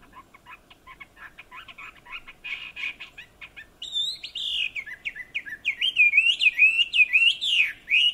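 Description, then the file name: Chinese hwamei song, soft rapid chattering notes that switch into loud, sweeping whistled phrases repeated in quick succession. "Garrulax canorus"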